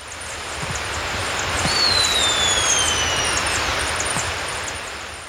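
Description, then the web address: Sharpbill call: a long, thin, high whistle sliding steadily downward for over a second, set against a loud constant roaring hiss. Ecuador. "Birds of Ecuador. Sharpbill"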